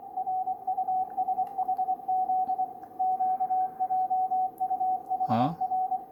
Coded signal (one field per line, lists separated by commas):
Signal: Morse code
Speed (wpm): 23 wpm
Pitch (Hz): 750 Hz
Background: speech, radio noise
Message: RUSHZ QJUHR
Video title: Filtering of Telegraphy signals